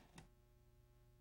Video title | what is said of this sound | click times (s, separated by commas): Cuisinart How-To DVD(part 1) | until it locks into place | 0.2 s